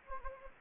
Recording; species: mosquito wingbeat signal from an infrared sensor; Anopheles gambiae